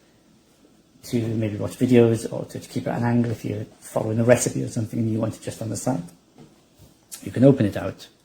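Someone talks while handling a MOFT MOVAS folding magnetic vegan-leather phone tripod stand, about to open it out so its extending section forms a taller tripod. The speech is heard over a quiet background. The extending section has not yet clicked into place.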